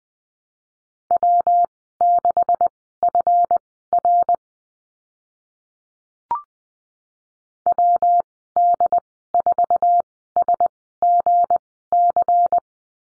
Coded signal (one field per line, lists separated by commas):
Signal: Morse code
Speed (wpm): 20 wpm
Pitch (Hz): 700 Hz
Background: none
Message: W6FR WD4SGC